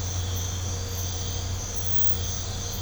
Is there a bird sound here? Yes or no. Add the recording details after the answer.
no. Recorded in pastures near Puerto Asís, Putumayo, Colombia, on 20 December 2024 at 04:30. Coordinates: 0.502, -76.324. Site G077